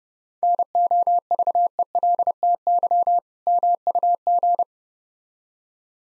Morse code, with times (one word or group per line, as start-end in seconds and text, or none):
0.4-3.2 NOVELTY
3.5-4.6 MUG